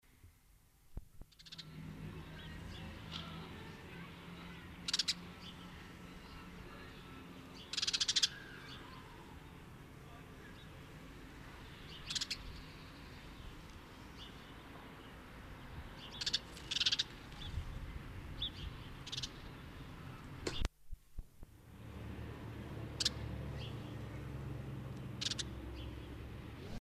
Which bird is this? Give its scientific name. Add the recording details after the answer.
Passer domesticus. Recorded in the wild. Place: Kaiserslautern, Rheinland-Pfalz, DE. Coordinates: 49.4247, 7.77889. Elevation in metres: 279. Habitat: garden. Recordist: Tretzel, Erwin. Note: Aufnahme März 1977, Garten, Kaiserslautern: Tschilpen